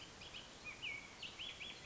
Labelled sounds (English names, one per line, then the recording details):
Bullock's Oriole
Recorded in Sonoma County, California